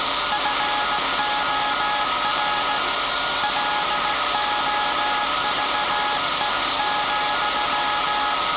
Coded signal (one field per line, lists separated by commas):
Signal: Morse code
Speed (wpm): 17 wpm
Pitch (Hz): 840 Hz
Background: none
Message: FOR LOVE,